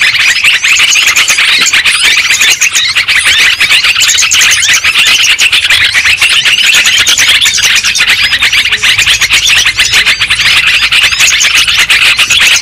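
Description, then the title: Lovebirds calling steadily, an unbroken wall of high, scratchy chirps and squeals from many birds. Lure sound (pikat) for trapping lovebirds. "PIKAT BURUNG LOVEBIRD"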